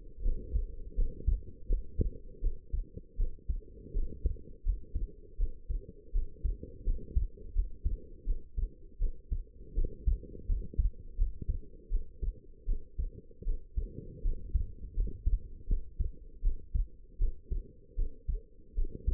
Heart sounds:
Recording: heart sounds by stethoscope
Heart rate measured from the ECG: 81 bpm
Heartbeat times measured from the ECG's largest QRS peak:
0.23 s: heartbeat
0.96 s: heartbeat
1.68 s: heartbeat
2.41 s: heartbeat
3.17 s: heartbeat
3.93 s: heartbeat
4.64 s: heartbeat
5.38 s: heartbeat
6.13 s: heartbeat
6.85 s: heartbeat
7.54 s: heartbeat
8.25 s: heartbeat
8.99 s: heartbeat
9.75 s: heartbeat
10.47 s: heartbeat
11.17 s: heartbeat
11.90 s: heartbeat
12.66 s: heartbeat
13.45 s: heartbeat
14.23 s: heartbeat
14.95 s: heartbeat
15.67 s: heartbeat
16.42 s: heartbeat
17.19 s: heartbeat
17.96 s: heartbeat
18.75 s: heartbeat
From the record:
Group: healthy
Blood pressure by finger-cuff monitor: 104/72 mmHg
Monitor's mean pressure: 80 mmHg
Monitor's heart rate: 82 bpm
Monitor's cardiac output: 6.1 L/min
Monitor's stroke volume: 74 mL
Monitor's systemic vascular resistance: 950 dyn s/cm5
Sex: female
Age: 19 years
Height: 163 cm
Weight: 51 kg

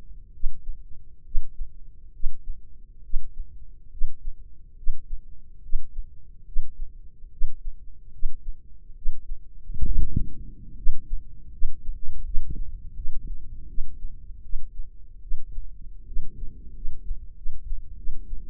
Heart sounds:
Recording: heart sounds by microphone in the left ear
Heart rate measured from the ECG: 75 bpm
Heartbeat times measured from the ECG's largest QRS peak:
0.32 s: heartbeat
1.24 s: heartbeat
2.12 s: heartbeat
3.02 s: heartbeat
3.90 s: heartbeat
4.76 s: heartbeat
5.61 s: heartbeat
6.45 s: heartbeat
7.30 s: heartbeat
8.11 s: heartbeat
8.95 s: heartbeat
9.84 s: heartbeat
10.75 s: heartbeat
11.50 s: heartbeat
12.23 s: heartbeat
12.94 s: heartbeat
13.67 s: heartbeat
14.42 s: heartbeat
15.21 s: heartbeat
16.06 s: heartbeat
16.73 s: heartbeat
17.35 s: heartbeat
17.96 s: heartbeat
From the record:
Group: healthy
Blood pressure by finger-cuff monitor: 101/56 mmHg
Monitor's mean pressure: 69 mmHg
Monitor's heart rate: 74 bpm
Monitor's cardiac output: 6.5 L/min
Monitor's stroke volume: 89 mL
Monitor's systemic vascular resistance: 750 dyn s/cm5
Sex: female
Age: 22 years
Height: 157 cm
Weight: 47.6 kg

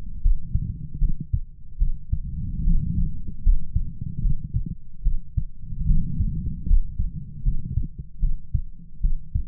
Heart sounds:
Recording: heart sounds by stethoscope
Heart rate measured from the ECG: 75 bpm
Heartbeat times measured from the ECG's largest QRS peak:
0.20 s: heartbeat
0.98 s: heartbeat
1.77 s: heartbeat
2.63 s: heartbeat
3.41 s: heartbeat
4.20 s: heartbeat
5.02 s: heartbeat
5.85 s: heartbeat
6.65 s: heartbeat
7.42 s: heartbeat
8.19 s: heartbeat
9.00 s: heartbeat
From the record:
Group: healthy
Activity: rest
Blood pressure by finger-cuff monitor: 101/59 mmHg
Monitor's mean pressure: 74 mmHg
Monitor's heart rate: 76 bpm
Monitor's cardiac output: 6.9 L/min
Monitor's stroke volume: 91 mL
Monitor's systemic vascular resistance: 780 dyn s/cm5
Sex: female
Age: 26 years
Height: 165 cm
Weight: 55 kg

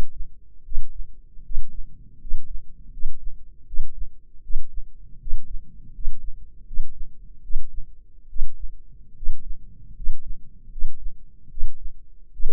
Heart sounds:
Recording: heart sounds by microphone in the left ear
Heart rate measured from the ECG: 77 bpm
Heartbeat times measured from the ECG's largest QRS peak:
0.64 s: heartbeat
1.43 s: heartbeat
2.19 s: heartbeat
2.91 s: heartbeat
3.66 s: heartbeat
4.42 s: heartbeat
5.19 s: heartbeat
5.93 s: heartbeat
6.65 s: heartbeat
7.42 s: heartbeat
8.28 s: heartbeat
9.15 s: heartbeat
9.94 s: heartbeat
10.70 s: heartbeat
11.49 s: heartbeat
12.31 s: heartbeat
From the record:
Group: healthy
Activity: rest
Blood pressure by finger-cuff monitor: 157/99 mmHg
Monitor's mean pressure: 113 mmHg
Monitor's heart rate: 78 bpm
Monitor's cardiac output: 7.2 L/min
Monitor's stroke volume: 92 mL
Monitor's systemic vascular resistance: 1180 dyn s/cm5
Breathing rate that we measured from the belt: 16 breaths a minute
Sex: male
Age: 23 years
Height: 179 cm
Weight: 87 kg

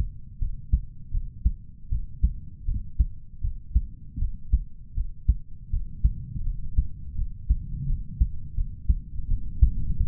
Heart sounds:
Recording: heart sounds by stethoscope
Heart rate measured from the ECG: 81 bpm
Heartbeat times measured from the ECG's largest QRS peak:
0.38 s: heartbeat
1.10 s: heartbeat
1.88 s: heartbeat
2.64 s: heartbeat
3.40 s: heartbeat
4.18 s: heartbeat
4.93 s: heartbeat
5.69 s: heartbeat
6.43 s: heartbeat
7.14 s: heartbeat
7.85 s: heartbeat
8.54 s: heartbeat
9.27 s: heartbeat
9.97 s: heartbeat
From the record:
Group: healthy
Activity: rest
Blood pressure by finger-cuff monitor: 93/70 mmHg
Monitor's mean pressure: 76 mmHg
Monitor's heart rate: 80 bpm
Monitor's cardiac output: 5.9 L/min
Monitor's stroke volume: 73 mL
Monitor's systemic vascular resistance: 920 dyn s/cm5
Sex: male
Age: 20 years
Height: 187 cm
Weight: 68.9 kg

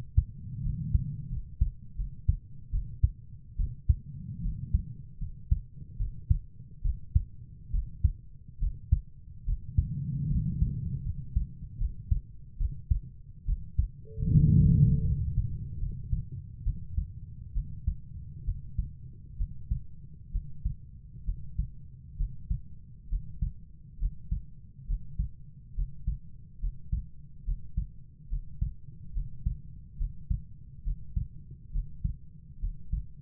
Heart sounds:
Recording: heart sounds by stethoscope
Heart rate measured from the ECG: 71 bpm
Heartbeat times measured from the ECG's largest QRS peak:
0.63 s: heartbeat
1.30 s: heartbeat
1.97 s: heartbeat
2.72 s: heartbeat
3.57 s: heartbeat
4.42 s: heartbeat
5.20 s: heartbeat
5.98 s: heartbeat
6.83 s: heartbeat
7.72 s: heartbeat
8.60 s: heartbeat
9.46 s: heartbeat
10.30 s: heartbeat
11.04 s: heartbeat
11.79 s: heartbeat
12.58 s: heartbeat
13.46 s: heartbeat
14.32 s: heartbeat
15.06 s: heartbeat
15.80 s: heartbeat
16.64 s: heartbeat
17.54 s: heartbeat
18.45 s: heartbeat
19.38 s: heartbeat
20.32 s: heartbeat
21.25 s: heartbeat
22.17 s: heartbeat
23.09 s: heartbeat
23.99 s: heartbeat
24.87 s: heartbeat
25.75 s: heartbeat
26.60 s: heartbeat
27.45 s: heartbeat
28.29 s: heartbeat
29.14 s: heartbeat
29.98 s: heartbeat
30.84 s: heartbeat
31.72 s: heartbeat
32.60 s: heartbeat
From the record:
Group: healthy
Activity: rest 0-16 s, Valsalva maneuver 16-33 s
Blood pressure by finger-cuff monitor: 112/55 mmHg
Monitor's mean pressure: 74 mmHg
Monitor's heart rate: 70 bpm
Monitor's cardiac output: 7.2 L/min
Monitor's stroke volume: 101 mL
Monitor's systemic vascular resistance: 720 dyn s/cm5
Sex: female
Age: 22 years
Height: 160 cm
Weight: 63 kg

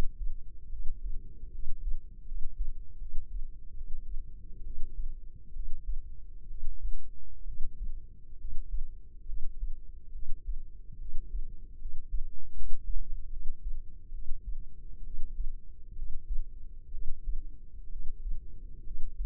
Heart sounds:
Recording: heart sounds by microphone in the left ear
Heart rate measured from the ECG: 69 bpm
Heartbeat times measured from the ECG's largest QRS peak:
0.67 s: heartbeat
1.49 s: heartbeat
2.23 s: heartbeat
2.96 s: heartbeat
3.72 s: heartbeat
4.61 s: heartbeat
5.50 s: heartbeat
6.45 s: heartbeat
7.42 s: heartbeat
8.35 s: heartbeat
9.23 s: heartbeat
10.09 s: heartbeat
10.96 s: heartbeat
11.76 s: heartbeat
12.51 s: heartbeat
13.27 s: heartbeat
14.09 s: heartbeat
15.01 s: heartbeat
15.93 s: heartbeat
16.89 s: heartbeat
17.87 s: heartbeat
18.81 s: heartbeat
From the record:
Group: healthy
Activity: rest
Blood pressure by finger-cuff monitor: 122/69 mmHg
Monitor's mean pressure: 88 mmHg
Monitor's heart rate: 67 bpm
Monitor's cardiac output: 7 L/min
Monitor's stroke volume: 99 mL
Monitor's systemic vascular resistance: 930 dyn s/cm5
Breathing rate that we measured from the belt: 17 breaths a minute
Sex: female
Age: 23 years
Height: 160 cm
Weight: 50.4 kg

